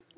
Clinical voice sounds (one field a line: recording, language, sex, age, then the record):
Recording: short text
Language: Brazilian Portuguese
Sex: female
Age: 40 to 49 years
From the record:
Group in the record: control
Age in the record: 45 years